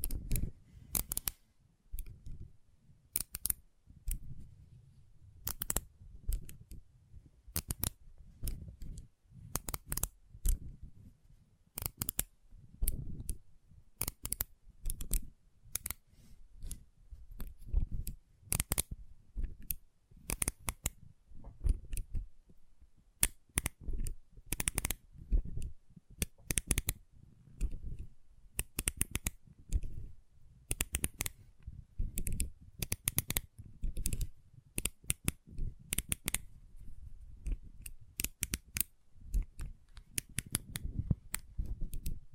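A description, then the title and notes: Magnetic tingles made of sharp, bright clicks and snaps that arrive in quick, irregular bursts for the whole 42 seconds, like rapid typing or scissor snips. A soft low rustle sits beneath the clicks, and the pace stays busy without long pauses. ASMR Intense Magnetic Tingles (No Talking).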